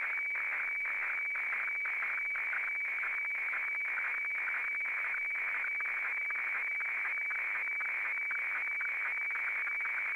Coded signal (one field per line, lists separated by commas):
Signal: weather fax (radiofax)